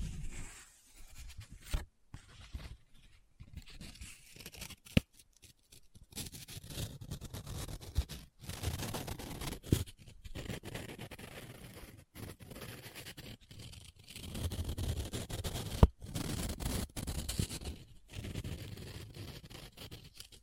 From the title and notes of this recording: ASMR Close Up Paper Sounds - Folding, Scratching, Rubbing, Crinkle (No Talking).